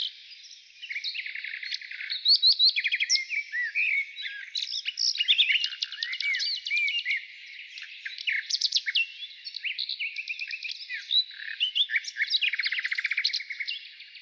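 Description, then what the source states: Nightingale song of dense rattles, buzzy trills and looping whistled notes in quick succession. Morning.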